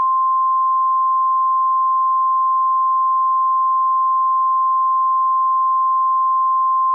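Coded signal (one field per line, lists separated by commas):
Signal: Emergency Alert System (SAME) tones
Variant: 1050 Hz attention tone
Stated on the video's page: Fictional EAS scenario, a remake of an earlier simulated alert.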